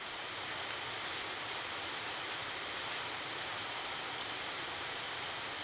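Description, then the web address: Red-faced spinetail song: a few spaced high notes that steadily accelerate and grow louder into a long, rapid trill. Ecuador. "Birds of Ecuador Red-faced Spinetail"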